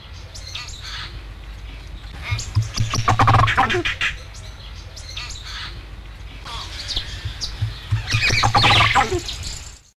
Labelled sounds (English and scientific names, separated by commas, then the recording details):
Ocellated Turkey (Meleagris ocellata) call
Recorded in captivity
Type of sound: call
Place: Zoo Hannover, Niedersachsen, DE
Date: 1969-06-25
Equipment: Halbspur, 9,5 cm/s
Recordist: Lütgens, Hans
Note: Rufe